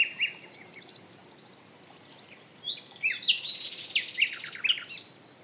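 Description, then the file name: Common nightingale after a pause sings a rich phrase of sharp whistles and rapid chattering notes over a buzzy trill. "Luscinia megarhynchos"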